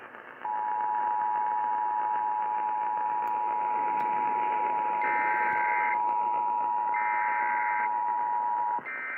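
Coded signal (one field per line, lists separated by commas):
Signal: Emergency Alert System (SAME) tones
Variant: 853 and 960 Hz attention tone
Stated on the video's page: Louisiana Required Monthly Test originated by the state emergency office, relayed on all Louisiana radio and TV stations.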